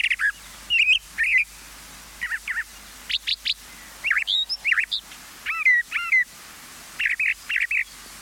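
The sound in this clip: Brown thrasher song of quick, varied phrases, many doubled, mixing buzzy chirps and slurred whistled notes in a steady rapid stream.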